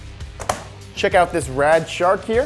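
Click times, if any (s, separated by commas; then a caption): 0.5 s. A plastic Hot Wheels Ultimate Garage track piece is joined through a blue connector to the toy track's wave section, and its other end snaps down into place with a sharp click at 0.5 s, just after a softer tap at 0.4 s. Someone then talks over the quiet background.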